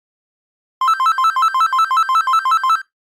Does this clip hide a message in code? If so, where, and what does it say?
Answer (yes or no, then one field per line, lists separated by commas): no